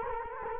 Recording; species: mosquito wingbeat signal from an infrared sensor; Culex quinquefasciatus